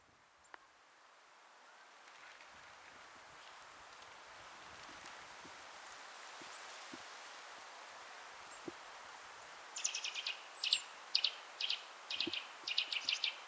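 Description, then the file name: Eurasian nuthatch calls: a run of short, high notes in the last few seconds after a long stretch of soft background noise. "Sitta europaea"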